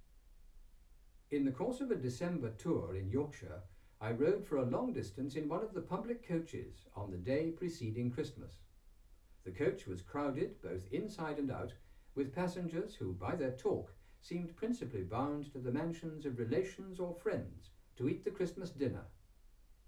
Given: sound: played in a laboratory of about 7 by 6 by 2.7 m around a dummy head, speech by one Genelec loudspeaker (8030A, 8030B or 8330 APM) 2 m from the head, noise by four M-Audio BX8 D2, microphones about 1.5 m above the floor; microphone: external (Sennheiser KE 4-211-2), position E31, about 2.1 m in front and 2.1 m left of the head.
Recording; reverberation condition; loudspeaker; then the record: male speech in English; low; 150 degrees to the right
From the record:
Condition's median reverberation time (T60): about 310 ms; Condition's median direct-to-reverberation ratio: about 3.5 dB